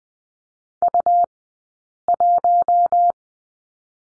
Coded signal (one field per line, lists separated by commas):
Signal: Morse code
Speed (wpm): 19 wpm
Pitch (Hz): 700 Hz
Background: none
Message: U1